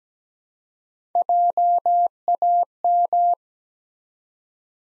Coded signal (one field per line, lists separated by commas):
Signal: Morse code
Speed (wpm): 17 wpm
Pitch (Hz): 700 Hz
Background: none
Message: JAM